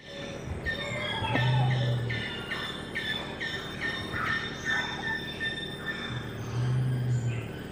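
Western crowned pigeon giving deep, low booming hums, one near the start and another near the end, over a dense, steady chorus of insects trilling high above.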